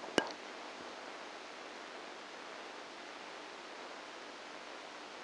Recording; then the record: brain microelectrode recording played as sound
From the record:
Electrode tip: outside the subthalamic nucleus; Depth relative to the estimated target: 4 mm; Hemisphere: right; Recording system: NeuroSet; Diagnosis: Parkinson's disease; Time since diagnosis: 9 years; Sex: female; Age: 51 years